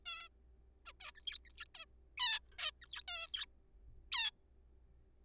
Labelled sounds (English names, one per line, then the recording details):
Zebra Finch
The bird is a juvenile
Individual R3428